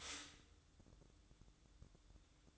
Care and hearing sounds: daily activity, microphone in the room; stop toaster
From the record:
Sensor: 3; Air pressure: 1007.1 hPa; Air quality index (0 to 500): 53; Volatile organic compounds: 1 ppm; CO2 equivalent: 588 ppm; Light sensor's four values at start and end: 8/18/7/7 and 8/18/7/7

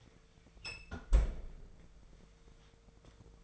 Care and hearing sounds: daily activity, microphone in the room; close fridge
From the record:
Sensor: 5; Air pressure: 1015.0 hPa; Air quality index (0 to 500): 174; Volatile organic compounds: 6 ppm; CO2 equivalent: 1917 ppm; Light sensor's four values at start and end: 92/214/93/104 and 64/148/63/68

